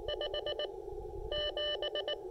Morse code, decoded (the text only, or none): 5 7